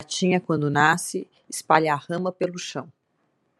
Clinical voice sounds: short text; Brazilian Portuguese; female; 40 to 49 years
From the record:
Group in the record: control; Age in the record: 49 years

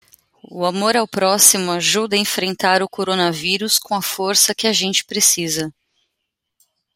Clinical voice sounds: spoken sentence; Brazilian Portuguese; female; 30 to 39 years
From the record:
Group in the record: control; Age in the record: 39 years

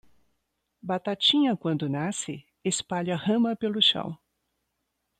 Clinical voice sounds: short text; Brazilian Portuguese; female; 60 to 69 years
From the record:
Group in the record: control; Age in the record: 66 years

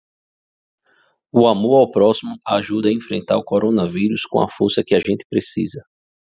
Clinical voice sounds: spoken sentence; Brazilian Portuguese; male; 40 to 49 years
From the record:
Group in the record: control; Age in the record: 40 years

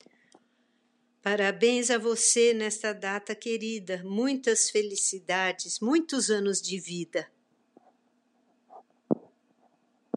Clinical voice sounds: short text; Brazilian Portuguese; female; 60 to 69 years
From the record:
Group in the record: control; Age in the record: 67 years

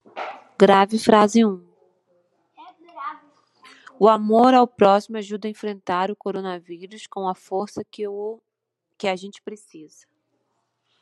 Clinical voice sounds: spoken sentence; Brazilian Portuguese; female; 40 to 49 years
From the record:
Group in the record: control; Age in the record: 45 years

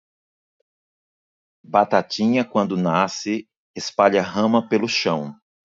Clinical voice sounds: short text; Brazilian Portuguese; male; 40 to 49 years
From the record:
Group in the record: control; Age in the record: 44 years

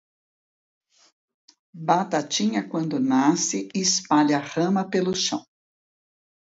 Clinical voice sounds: short text; Brazilian Portuguese; female; 60 to 69 years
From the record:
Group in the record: control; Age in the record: 65 years

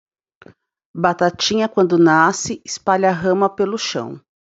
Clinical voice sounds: short text; Brazilian Portuguese; female; 40 to 49 years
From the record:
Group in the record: control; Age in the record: 42 years

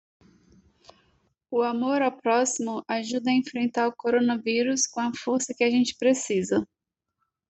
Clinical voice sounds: spoken sentence; Brazilian Portuguese; female; 30 to 39 years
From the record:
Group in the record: control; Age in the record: 34 years

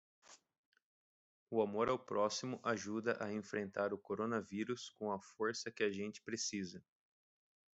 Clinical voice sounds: spoken sentence; Brazilian Portuguese; male; 30 to 39 years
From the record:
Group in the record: control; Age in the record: 33 years

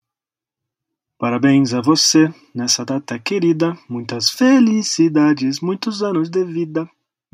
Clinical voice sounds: short text; Brazilian Portuguese; male; 30 to 39 years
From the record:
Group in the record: control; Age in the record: 35 years

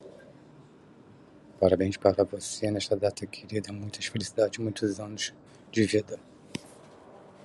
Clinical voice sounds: short text; Brazilian Portuguese; male; 40 to 49 years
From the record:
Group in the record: control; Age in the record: 45 years

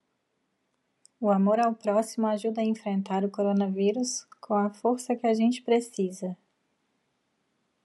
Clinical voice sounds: spoken sentence; Brazilian Portuguese; female; 30 to 39 years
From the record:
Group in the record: control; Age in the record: 38 years

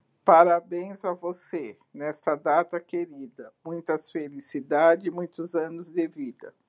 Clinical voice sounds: short text; Brazilian Portuguese; female; 60 to 69 years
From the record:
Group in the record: control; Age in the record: 62 years

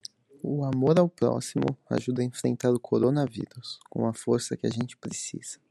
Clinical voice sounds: spoken sentence; Brazilian Portuguese; male; 18 to 19 years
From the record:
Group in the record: control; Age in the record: 19 years

